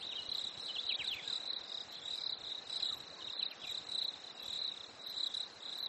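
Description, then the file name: Crickets chirp in a dense high buzzing band, with thin descending bird whistles cutting through at times. Nature ambience at a lake in winter, with crickets and birds. "smartsound ATMO NATURE Fresh Winter Lake Crickets Birds"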